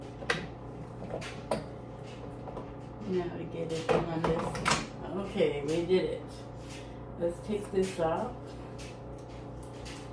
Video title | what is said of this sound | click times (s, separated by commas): Unboxing and testing out of the Ninja Creami deluxe | push it in until you hear it click. | 0.3 s